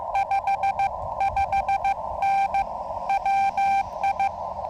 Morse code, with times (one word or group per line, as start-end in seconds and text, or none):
0.2-2.6 55N
3.1-4.3 WI